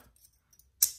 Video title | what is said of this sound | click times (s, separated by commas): Qshave Adjustable (Futur Clone) & Catie's Bubbles Fouet L'Orange | and it clicks into place the | 0.8 s